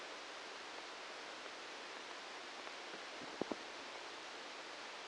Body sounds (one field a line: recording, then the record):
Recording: brain microelectrode recording played as sound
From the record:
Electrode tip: outside the subthalamic nucleus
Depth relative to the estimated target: -8 mm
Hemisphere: left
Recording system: NeuroSet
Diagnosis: Parkinson's disease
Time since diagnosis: 15 years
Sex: male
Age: 65 years